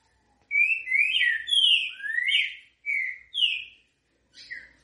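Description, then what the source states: Green-winged Saltator delivers a short phrase of clear, sliding whistles, some rising and some falling, ending in a brief softer note. Song style called 'canto grego mole com boi'; voice number 08.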